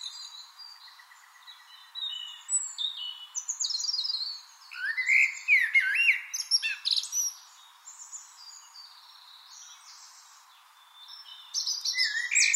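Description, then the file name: Eurasian blackbird singing fluty warbled phrases that rise and fall, mixed with high thin twitters. "Turdus merula"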